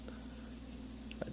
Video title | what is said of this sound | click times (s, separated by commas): Upgrade Memory in Dell Latitude 5510 Laptop | And the new ones just push in and snap in place. Make sure they're snapped in there good so they're making good contact. | 1.1 s, 1.2 s